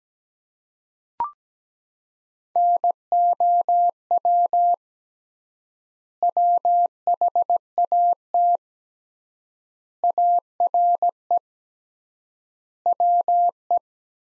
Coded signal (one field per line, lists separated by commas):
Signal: Morse code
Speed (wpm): 17 wpm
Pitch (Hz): 700 Hz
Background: none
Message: NOW WHAT ARE WE